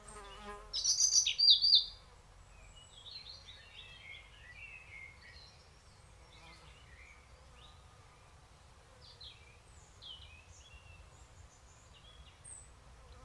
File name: Erithacus rubecula